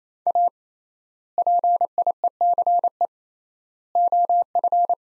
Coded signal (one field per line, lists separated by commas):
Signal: Morse code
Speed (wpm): 28 wpm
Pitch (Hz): 700 Hz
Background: none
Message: A PIECE OF